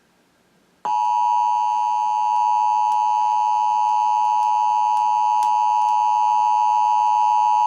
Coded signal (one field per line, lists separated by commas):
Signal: Emergency Alert System (SAME) tones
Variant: 853 and 960 Hz attention tone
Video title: First Illinois Required Monthly Test Of 2018! 01/02/2018 (EAS# 137-142)